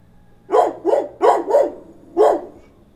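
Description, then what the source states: Dog barking five times, a quick run of four barks and then a single bark after a short pause. Medium-sized dog barking.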